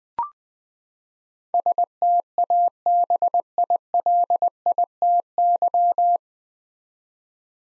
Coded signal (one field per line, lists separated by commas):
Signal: Morse code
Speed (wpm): 20 wpm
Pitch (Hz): 700 Hz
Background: none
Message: STABILITY